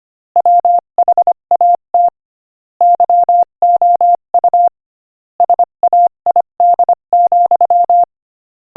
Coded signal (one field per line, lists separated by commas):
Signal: Morse code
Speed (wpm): 24 wpm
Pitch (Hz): 700 Hz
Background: none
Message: WHAT YOU SAID,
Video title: Morse Code Practice: 25 wpm Inspirational Quote 22